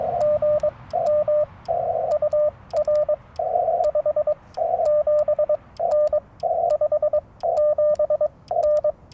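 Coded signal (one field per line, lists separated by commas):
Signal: Morse code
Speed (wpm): 22 wpm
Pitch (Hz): 590 Hz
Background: radio noise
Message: GM UR 57N 57N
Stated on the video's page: CW Parks on the Air activation at 100 watts, Yaesu FT-891, Chelegance MC-750 antenna, BaMaKeY TP-III key.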